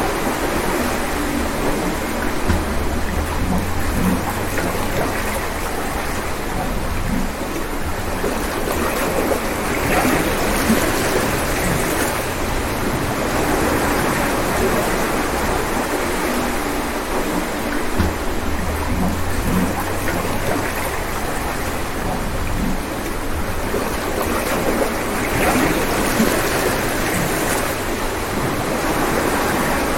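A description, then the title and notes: Seaside sounds: a steady, dense wash of water noise runs through the whole stretch without pause, full from low rumble to bright hiss. Low swells rise briefly around the fourth and eighteenth seconds, with soft surges near the eleventh and twenty-sixth. Soothing Sounds of the Seaside.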